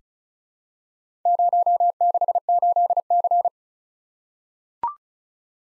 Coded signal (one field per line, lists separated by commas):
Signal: Morse code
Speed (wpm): 36 wpm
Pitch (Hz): 700 Hz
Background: none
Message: 068C